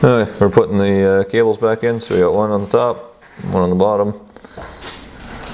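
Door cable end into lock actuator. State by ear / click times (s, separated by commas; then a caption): seated / 4.4 s. Someone talks while reconnecting the door lock actuator cables on a Lexus NX200T, one at the top and one at the bottom, during a door lock actuator repair. A faint, sharp click at 4.4 s marks a cable end snapping into place in the actuator, seated, followed by soft handling noise.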